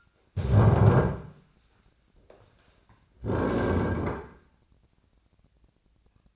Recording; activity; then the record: daily activity, microphone in the room; stand up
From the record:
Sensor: 2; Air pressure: 1009.1 hPa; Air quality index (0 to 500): 177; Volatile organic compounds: 2 ppm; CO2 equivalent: 1290 ppm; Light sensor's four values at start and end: 30/79/34/36 and 34/89/38/41